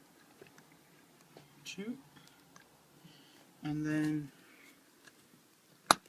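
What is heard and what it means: A brass main/needle jet in the metal carburettor body of a GSXR 400 GK73a, during a carb seal replacement, is unscrewed a turn or two and then pushed while someone talks. A single sharp, loud click at 5.9 s marks the jet releasing free from its seat.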